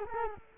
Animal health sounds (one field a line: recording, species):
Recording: mosquito wingbeat signal from an infrared sensor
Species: Culex quinquefasciatus